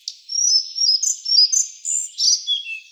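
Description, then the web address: Collared flycatcher singing: high, thin squeaky notes in quick varied phrases with sliding whistles. "Ficedula albicollis"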